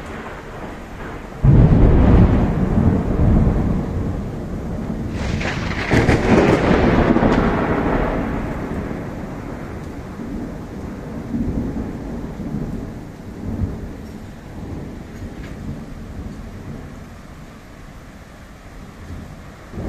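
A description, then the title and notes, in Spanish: Thunder in a storm: a sharp, loud crack near the two-second mark breaks into deep rolling rumbles, with a second surge around six seconds. The low rumble fades slowly over the rest of the clip, under a steady hiss of rain. Tempestad de rayos truenos. La lluvia era muy fuerte pero mas fuerte eran los relámpagos y sin hablar de los truenos que también eran muy fuertes. Me pare en el balcón del apartamento para disfrutar de la súper lluvia. Me puse con el celular a grabar.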